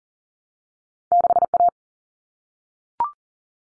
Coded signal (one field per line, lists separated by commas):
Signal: Morse code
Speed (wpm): 40 wpm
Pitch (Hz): 700 Hz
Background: none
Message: 6A